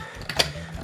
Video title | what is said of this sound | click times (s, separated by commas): Hello Carbot Fient Review / 헬로카봇 파이언드 워어민 영어 리뷰 | flipping out these parts until you hear a nice click and | 0.3 s